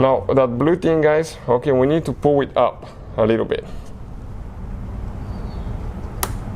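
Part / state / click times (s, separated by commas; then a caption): plastic locking tab on an engine fuel line quick-disconnect fitting / released / 6.2 s. Someone talks, then the blue plastic locking tab on an engine fuel line quick-disconnect fitting on a Chrysler 200, ProMaster City or Fiat model is pulled up a little. At 6.2 s it gives a short, sharp click as it snaps into the released position, ready for the line to be pushed in and then pulled off.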